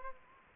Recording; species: mosquito wingbeat signal from an infrared sensor; Anopheles gambiae